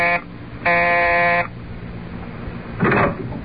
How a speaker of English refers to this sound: But let us return to the present, and reporter Luke Harvey pressing the bell marked Staley, landlord, in his brownstone house.